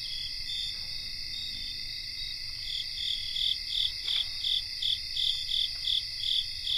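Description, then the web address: Cricket chorus with a continuous high-pitched shrill drone and a regular series of pulsed chirps that becomes stronger in the second half. Cricket chorus recorded in North America. "Songs of Insects. Cricket chorus"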